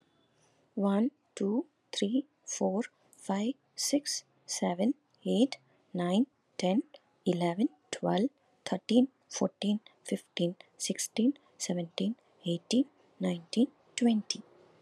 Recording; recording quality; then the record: counting at a normal pace; excellent, no background noise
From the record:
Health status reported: COVID-19 positive, moderate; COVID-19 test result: positive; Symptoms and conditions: cough, cold, fever, fatigue, muscle pain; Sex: female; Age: 49 years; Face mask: not worn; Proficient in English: yes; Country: India